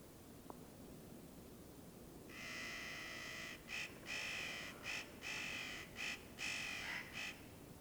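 Bird giving a nasal, harmonic call: one drawn-out note, then a run of shorter bursts separated by brief gaps, over a steady background hiss.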